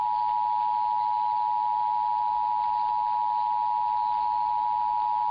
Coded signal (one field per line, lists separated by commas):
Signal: Emergency Alert System (SAME) tones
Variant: 853 and 960 Hz attention tone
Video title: [EAS #2115-#2147] RWT & RMT Madness Continues